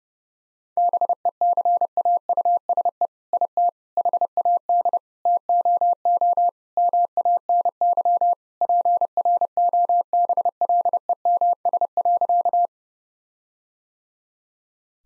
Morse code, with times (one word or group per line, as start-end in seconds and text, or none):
0.8-3.1 BECAUSE
3.3-3.7 IT
4.0-5.0 HAD
5.3-6.5 TOO
6.8-8.3 MANY
8.6-12.7 PROBLEMS.